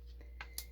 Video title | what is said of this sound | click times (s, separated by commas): Rotary Tool Accessories: What they are/What they are used for | and then I hear it click, and I know that it is | 0.4 s, 0.6 s